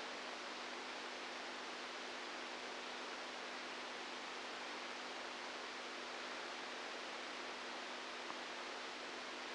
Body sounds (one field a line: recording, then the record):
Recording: brain microelectrode recording played as sound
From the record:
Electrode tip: inside the subthalamic nucleus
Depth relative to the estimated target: -1 mm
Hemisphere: right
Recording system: NeuroSet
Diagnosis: Parkinson's disease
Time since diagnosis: 10 years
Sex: female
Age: 67 years